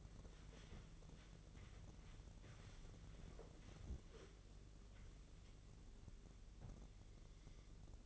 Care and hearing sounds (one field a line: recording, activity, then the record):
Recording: daily activity, microphone in the room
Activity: wipe stove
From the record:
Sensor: 4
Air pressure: 1013.2 hPa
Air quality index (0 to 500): 178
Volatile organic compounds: 2 ppm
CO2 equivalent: 1121 ppm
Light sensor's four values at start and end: 99/248/102/108 and 98/247/102/108